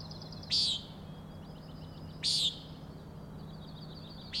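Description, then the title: Common nighthawk, three loud nasal peent notes about two seconds apart, with a high trilled rattle running between them. Three birds giving peenting calls, flying in close follow-the-leader formation, remarkably close to the recordist; Overlook, Schoodic Head, Acadia National Park, Winter Harbor, Maine; 16 June 2017, 4am. "Common Nighthawks, Schoodic Head 061617 4am"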